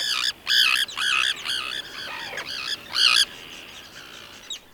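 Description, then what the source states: Common Tern harsh, grating calls, several strident bursts of about a third of a second each, then quieter sound. Heard off local beaches in July as nesting finishes and birds disperse from colonies; call not melodic; terns indicate big fish pushing bait to the surface.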